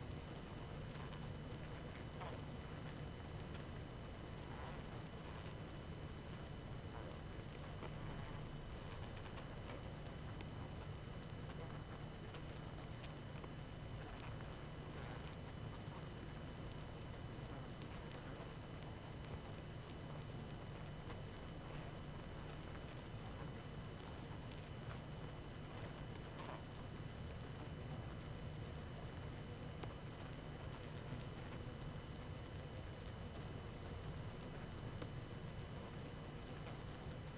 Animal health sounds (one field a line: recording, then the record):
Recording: honeybee colony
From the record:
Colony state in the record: active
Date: 12 June 2018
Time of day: 20:04